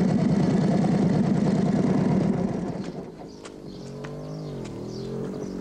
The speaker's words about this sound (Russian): Трое немецких солдат едут на мотоцикле мимо разрушенной церкви. Им навстречу едет такой же мотоцикл.